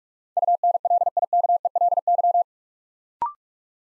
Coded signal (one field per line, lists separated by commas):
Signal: Morse code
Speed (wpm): 44 wpm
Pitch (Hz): 700 Hz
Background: none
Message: UNLIKELY